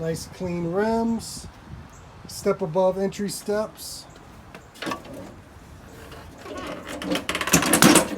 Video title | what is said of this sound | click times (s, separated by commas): NEW 2021 KEYSTONE PASSPORT GT SERIES 2950BH TRAVEL TRAILER Dodd RV Show Tour Bunk Beds Pivot Bench | Nice and clean, folds right up into the camper, locks in place. | 7.8 s